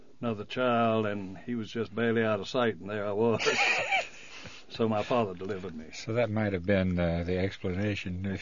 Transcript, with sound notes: another child, and he was just barely out of sight and there I was. (he laughs) So my father delivered me.
So that might have been the explanation.